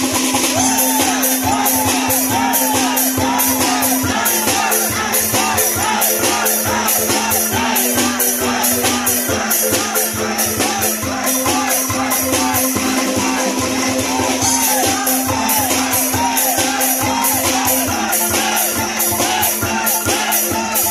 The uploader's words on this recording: This is a traditional kentongan music festival in Banyumas Regency, Central Java, Indonesia.